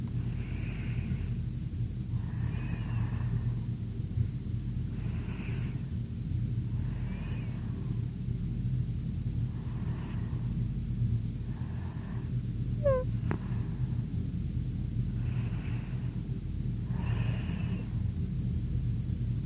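A girl breathes slowly in her sleep, soft airy breaths coming about every two and a half seconds over a steady low rumble. Around the thirteenth second a brief high squeak and a sharp click cut through, then the even breathing continues.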